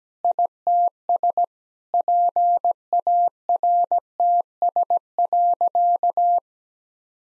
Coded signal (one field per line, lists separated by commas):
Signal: Morse code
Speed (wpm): 17 wpm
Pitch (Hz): 700 Hz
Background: none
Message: ITS PARTS.